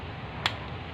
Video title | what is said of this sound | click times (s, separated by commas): TRANSFORMERS STUDIO SERIES War for Cybertron Gamer Edition Voyager Class Optimus Prime Review | trying to try to close that right there you're gonna hear that snap | 0.5 s